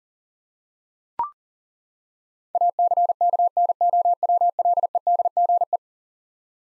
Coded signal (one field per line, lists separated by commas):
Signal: Morse code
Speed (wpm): 40 wpm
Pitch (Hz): 700 Hz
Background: none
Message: ACKNOWLEDGE